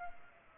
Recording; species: mosquito wingbeat signal from an infrared sensor; Culex pipiens